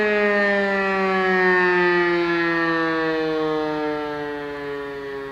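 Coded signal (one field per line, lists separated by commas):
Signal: siren signal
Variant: Siemens E57 siren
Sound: one continuous loud wailing siren tone, pitch gently sinking over five seconds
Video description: Alle Sirenen aus den Ortsteilen dienen rein der freiwilligen Feuerwehr und lösen auch nur das Signal "Feueralarm" aus.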